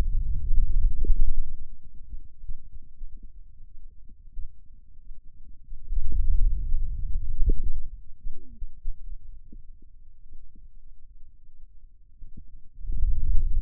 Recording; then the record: forearm muscle sounds (acoustic myography)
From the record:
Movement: wrist extension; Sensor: system 2, bracelet of six BSWA MPA416 microphones around the upper forearm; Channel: 3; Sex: male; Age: 22 years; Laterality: right